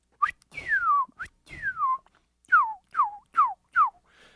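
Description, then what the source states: Northern Cardinal song: loud clear whistles slurring steeply downward, two longer slurs followed by a quicker series of four short descending notes. Song described as 'what cheer, what cheer'.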